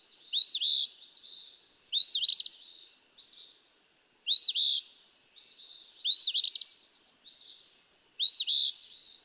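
Eastern phoebe repeating its scratchy fee-bee song several times, with short soft buzzes in between; no other sounds.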